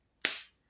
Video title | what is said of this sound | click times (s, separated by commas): Draw a unicorn | make sure you put your lid on really tight. Hear that snap? 1, 2, 3. | 0.2 s